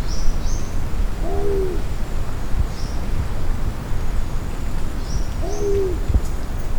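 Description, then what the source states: Pied imperial pigeon giving deep, moaning hoots, one call near the start and another about four seconds later, with thin high notes over a steady low rumble. Recorded on Maratua at 5 pm.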